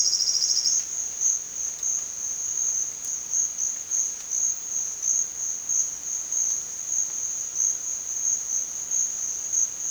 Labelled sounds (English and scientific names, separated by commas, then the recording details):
none
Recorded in dense forest near Puerto Asís, Putumayo, Colombia, on 25 June 2025 at 13:30
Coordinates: 0.468, -76.322
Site GP03